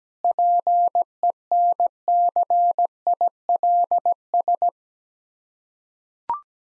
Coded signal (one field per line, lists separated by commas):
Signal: Morse code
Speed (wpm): 17 wpm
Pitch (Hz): 700 Hz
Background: none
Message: PENCILS